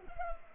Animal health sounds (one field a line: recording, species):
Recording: mosquito wingbeat signal from an infrared sensor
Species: Culex pipiens